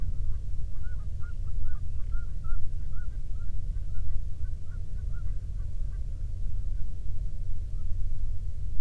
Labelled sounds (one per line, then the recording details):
songbird
waterfowl
man-made sound
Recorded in the Prudhoe Bay oil fields, Alaska, on 13 June 2019 at 00:14
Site 24